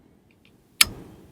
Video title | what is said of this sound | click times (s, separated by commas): Tutorial Cara Menggunakan Senapan Angin PCP PREDATOR TACTICAL Untuk Pemula Terbaru 2024 🔥 | Oke sudah terkunci tinggal kita tembakin | 0.8 s